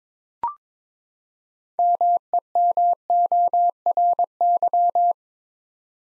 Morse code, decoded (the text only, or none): MEMORY